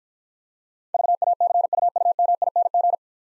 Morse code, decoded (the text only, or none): VACUUMING